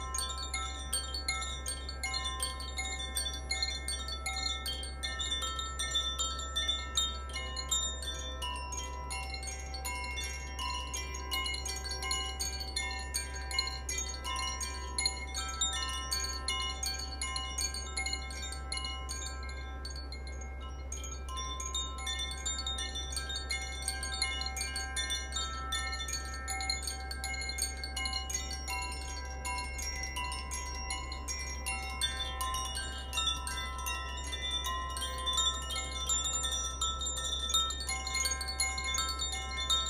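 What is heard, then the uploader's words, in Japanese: Chimes ring continuously through the whole forty seconds, bright overlapping tones struck in quick, irregular succession so the notes blur into a shimmering wash. A steady low hum sits underneath throughout, and the level stays even with no pauses. 秋分 #コシチャイム #ザフィアチャイム #風から木へ。秋分の日にチャイム演奏をしました。風に揺れる、日の光が煌めく そんな感じです。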